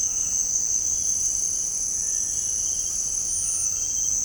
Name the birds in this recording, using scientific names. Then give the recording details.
Crypturellus cinereus. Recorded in secondary vegetation near Puerto Asís, Putumayo, Colombia, on 24 March 2025 at 17:30. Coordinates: 0.502, -76.326. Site G100